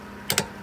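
A torque wrench set to 80 ft-lb tightens a wheel lug nut on a Dodge Caravan, giving a quick double click at 0.3 and 0.4 seconds. The lug nut is confirmed torqued to its setting.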